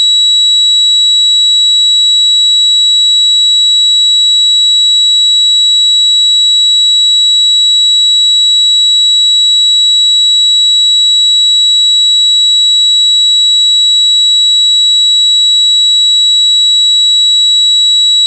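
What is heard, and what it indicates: Simulated tinnitus: a steady, unchanging high-pitched ringing tone with strong pure tones near 4 kHz and 8 kHz over faint high-frequency hiss, with no low-frequency content, lasting throughout.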